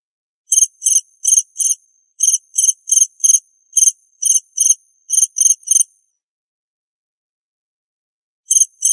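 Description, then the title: Cricket chirping steadily in rapid high pulses for several seconds, falling silent, then starting again briefly at the end. "suara Hujan Guntur Suara Jangkrik Dan Burung"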